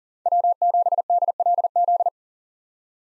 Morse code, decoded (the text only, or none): W7DLZ